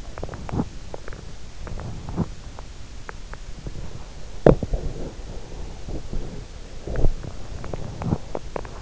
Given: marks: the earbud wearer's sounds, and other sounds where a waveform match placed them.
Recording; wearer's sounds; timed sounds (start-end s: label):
sounds in sleep by an in-ear microphone; teeth grinding, body movement
0.07-0.83 s: teeth grinding
1.58-2.34 s: teeth grinding
3.00-3.24 s: teeth grinding
3.53-4.14 s: teeth grinding
4.36-5.21 s: teeth grinding
5.31-6.66 s: body movement
6.82-7.13 s: teeth grinding
7.46-8.82 s: teeth grinding